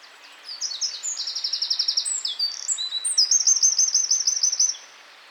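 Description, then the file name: Eurasian wren delivering one energetic song of very high trills and shrill notes, rattling along quickly for roughly four seconds, then ending suddenly. "Troglodytes troglodytes"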